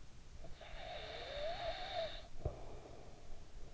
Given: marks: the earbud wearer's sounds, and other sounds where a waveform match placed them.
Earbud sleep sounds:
sounds in sleep by an in-ear microphone; snoring breath
0.26-3.74 s: snoring breath

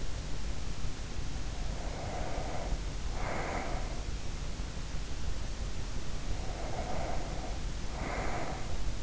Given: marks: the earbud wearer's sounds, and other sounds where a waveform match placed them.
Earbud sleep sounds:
sounds in sleep by an in-ear microphone; breath
1.40-4.32 s: breath
5.95-9.03 s: breath

